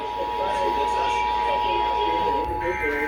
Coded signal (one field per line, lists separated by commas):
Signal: Emergency Alert System (SAME) tones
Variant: 853 and 960 Hz attention tone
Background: speech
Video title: NWR CONDUCTS MONTHLIES!?! - EAS Tests from 07/06/2022 (EAS #620-625)